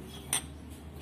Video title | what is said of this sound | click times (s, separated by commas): Paano Mag Tanggal at mag Kabit ng Talim Ng Jackhammer Makita HM1306 | atak na natin yung lock paikot y Ayan naka-lock na siya | 0.3 s